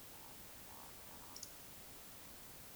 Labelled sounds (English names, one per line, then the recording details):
Eurasian Woodcock whistle
Eurasian Woodcock croak
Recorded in Baden-Württemberg, Germany, on 20 May 2021 at 19:54 UTC
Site 24606, 635 m above sea level